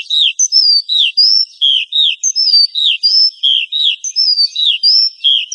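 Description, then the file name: Horsfield's bush lark song of clear, high, falling and rising slurred whistles, delivered at an easy pace with short gaps between notes. "suara burung branjangan"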